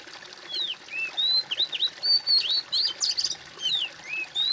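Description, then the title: Bird song of rapid, varied high whistles, with rising and falling slurs and quick chirps strung together almost continuously throughout. "suara bird"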